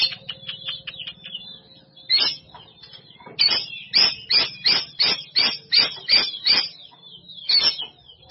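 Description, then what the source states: Canary song: rapid high twitter followed by a loud string of sharp clipped notes, about three per second, with a faint low hum beneath. Kenari Jawara canary; Indonesian master song used for training birds.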